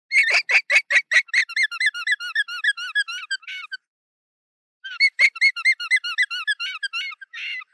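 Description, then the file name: Alpaca alarm call, rapid bursts of high squeaky, bleating notes repeated in quick series, pausing about a second before resuming. Alpaca warning call. "wildbruecke zeigt den alpaka warnlaut"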